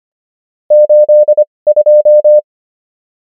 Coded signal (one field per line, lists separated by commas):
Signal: Morse code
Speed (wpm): 25 wpm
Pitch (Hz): 600 Hz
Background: none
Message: 82